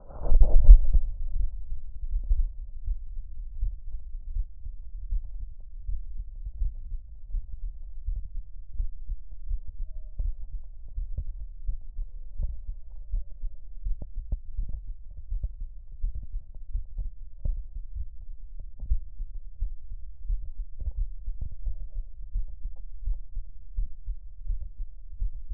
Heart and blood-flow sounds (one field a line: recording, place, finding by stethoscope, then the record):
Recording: heart sounds by stethoscope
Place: pulmonary valve (PV)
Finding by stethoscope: normal heart sounds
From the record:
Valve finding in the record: normal valve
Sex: male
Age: 51 years